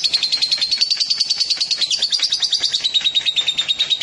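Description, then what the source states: Lovebird giving a long, unbroken, rapidly pulsed high chattering trill, steady in pitch and dipping slightly toward the end, with no other clear sounds. Long ngekek trill of a lovebird, a master and lure song (kicau pancingan) for training pet birds.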